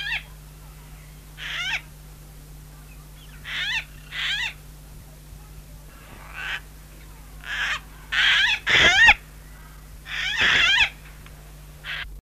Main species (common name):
Red-vented Cockatoo